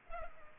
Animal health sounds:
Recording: mosquito wingbeat signal from an infrared sensor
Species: Culex pipiens

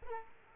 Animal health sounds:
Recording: mosquito wingbeat signal from an infrared sensor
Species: Aedes aegypti

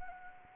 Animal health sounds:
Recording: mosquito wingbeat signal from an infrared sensor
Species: Anopheles arabiensis

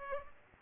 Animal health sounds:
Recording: mosquito wingbeat signal from an infrared sensor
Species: Culex pipiens

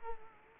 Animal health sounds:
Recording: mosquito wingbeat signal from an infrared sensor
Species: Culex quinquefasciatus

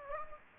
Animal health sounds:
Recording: mosquito wingbeat signal from an infrared sensor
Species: Anopheles gambiae

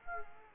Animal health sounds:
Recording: mosquito wingbeat signal from an infrared sensor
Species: Aedes aegypti

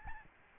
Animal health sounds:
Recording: mosquito wingbeat signal from an infrared sensor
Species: Aedes albopictus

